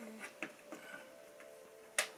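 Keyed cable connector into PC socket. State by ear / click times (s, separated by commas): seated / 2.0 s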